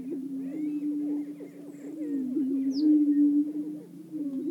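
Greater prairie-chickens give a steady low booming drone, with dense quick cackles and one brief high squeal.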